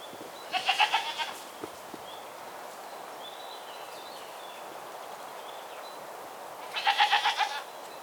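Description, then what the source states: Goat bleating twice, each a quavering bleat, separated by several seconds of quiet background. Goats walking.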